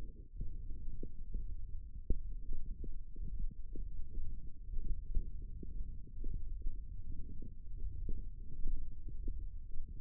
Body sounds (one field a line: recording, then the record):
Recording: forearm muscle sounds (acoustic myography)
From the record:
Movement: wrist extension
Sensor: system 1, eight BSWA MPA416 microphones around the upper forearm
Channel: 5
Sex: female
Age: 21 years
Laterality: right